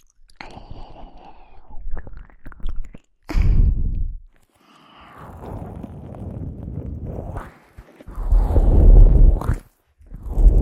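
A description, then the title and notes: Wet mouth sounds of ear eating: chewing and biting noises, with muffled low thuds. Bursts come in uneven waves, loudest near four and nine seconds, separated by brief silences, with soft clicks and smacks between them. ASMR Halloween Ear Eating.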